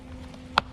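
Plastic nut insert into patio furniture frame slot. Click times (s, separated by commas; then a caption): 0.6 s. A plastic nut piece for a patio furniture frame is slid into its slot and snaps into place with a single sharp click at 0.6 s. The click stands out clearly above a low, steady background hum, confirming the nut is seated.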